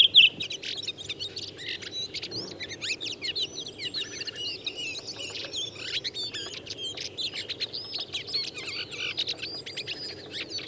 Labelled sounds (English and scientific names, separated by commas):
Redwing (Turdus iliacus) song